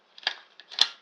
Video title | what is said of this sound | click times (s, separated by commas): X2000 Camera Training | and it will click in place. | 0.8 s